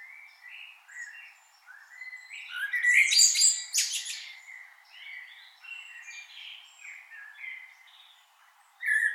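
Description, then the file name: Common blackbird song: soft fluty notes build to a loud burst of high, squeaky twittering. Quieter warbles follow, then another phrase begins. "Turdus merula"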